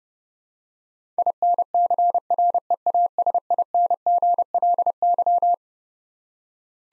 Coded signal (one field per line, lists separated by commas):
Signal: Morse code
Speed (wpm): 30 wpm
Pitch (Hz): 700 Hz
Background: none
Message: INCREASINGLY